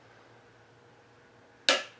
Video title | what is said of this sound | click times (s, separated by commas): "Long Range Rifle Build On A Budget" Part #2 | we're going to go until we hear it click | 1.7 s